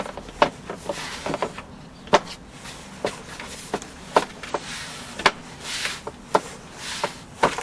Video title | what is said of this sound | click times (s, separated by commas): Subpod In Garden Worm Compost System Unboxing | Until they click. And there we go, | 0.4 s, 2.1 s, 4.2 s, 5.3 s, 6.4 s, 7.4 s